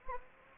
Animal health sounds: mosquito wingbeat signal from an infrared sensor; Anopheles gambiae

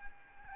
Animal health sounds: mosquito wingbeat signal from an infrared sensor; Aedes albopictus

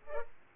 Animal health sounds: mosquito wingbeat signal from an infrared sensor; Culex pipiens

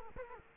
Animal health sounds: mosquito wingbeat signal from an infrared sensor; Culex quinquefasciatus

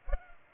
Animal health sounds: mosquito wingbeat signal from an infrared sensor; Culex pipiens

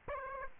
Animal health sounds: mosquito wingbeat signal from an infrared sensor; Aedes aegypti

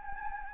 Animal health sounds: mosquito wingbeat signal from an infrared sensor; Anopheles gambiae

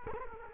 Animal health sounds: mosquito wingbeat signal from an infrared sensor; Culex quinquefasciatus

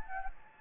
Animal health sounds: mosquito wingbeat signal from an infrared sensor; Anopheles gambiae

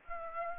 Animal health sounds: mosquito wingbeat signal from an infrared sensor; Aedes aegypti

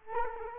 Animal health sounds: mosquito wingbeat signal from an infrared sensor; Culex quinquefasciatus

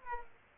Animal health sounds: mosquito wingbeat signal from an infrared sensor; Aedes aegypti

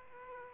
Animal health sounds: mosquito wingbeat signal from an infrared sensor; Aedes aegypti

